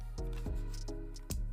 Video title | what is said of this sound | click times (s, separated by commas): Insta360 Unboxing and Quick Tutorial | clicks in place. | 1.3 s